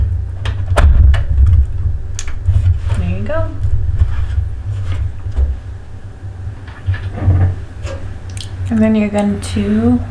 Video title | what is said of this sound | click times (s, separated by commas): High School Student Built Computer | should be able to hear it lock in just like the rim there you | 2.2 s